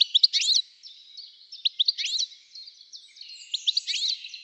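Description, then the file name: European goldfinch twittering calls, bright tinkling chirps in quick bursts with short pauses between, liquid buzzy notes mixed in, no other sounds. "Carduelis carduelis"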